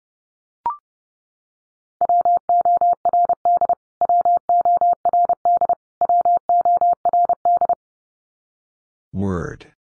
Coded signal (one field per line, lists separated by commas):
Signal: Morse code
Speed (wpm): 30 wpm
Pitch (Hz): 700 Hz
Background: none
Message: WORD WORD WORD